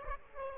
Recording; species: mosquito wingbeat signal from an infrared sensor; Aedes aegypti